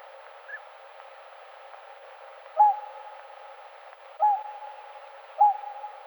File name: Pticy Rossii - Lebed-klikun Cygnus cygnus